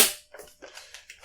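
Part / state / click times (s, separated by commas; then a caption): plastic film-mechanism part into instant camera body / not seated / none. A plastic film-mechanism part is handled as it is pushed back toward position in a Fujifilm Fotorama Robo Ace instant camera body, after the film ejection mechanism has been shown. A loud broadband burst at the start fades out, followed by short, light plastic ticks and rattles at about 0.6, 0.9 and 1.1 seconds. The part has not yet clicked or seated into place.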